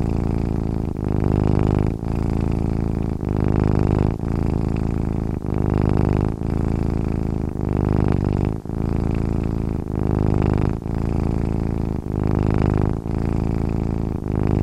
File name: katze schnurren